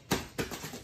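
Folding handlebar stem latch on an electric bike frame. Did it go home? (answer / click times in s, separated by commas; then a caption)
no / none. The folding handlebar stem on a Jetsen Bolt compact folding electric bike is raised upright, giving two short knocks at about 0.1 s and 0.4 s. The latch has not locked into place yet.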